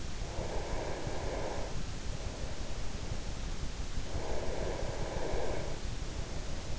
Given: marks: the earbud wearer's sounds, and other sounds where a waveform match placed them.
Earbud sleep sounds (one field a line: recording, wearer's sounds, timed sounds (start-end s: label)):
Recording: sounds in sleep by an in-ear microphone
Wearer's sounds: breath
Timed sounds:
0.03-3.28 s: breath
3.92-6.79 s: breath